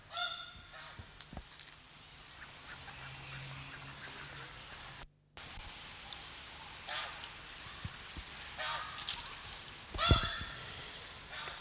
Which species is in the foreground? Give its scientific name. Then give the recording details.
Anser caerulescens. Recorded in captivity. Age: adult. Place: Zoo Augsburg, Bayern, DE. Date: 1993-09-04 12:47. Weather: 14°C, bedeckt. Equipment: Marantz CP 430, Sennheiser MKH 416 T, Kopie Uher Variocord 263. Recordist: Tembrock, Günter